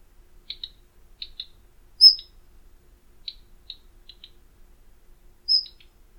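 Flycatcher calling with scattered pairs of short, dry chip notes and two thin, high whistles, set against near silence.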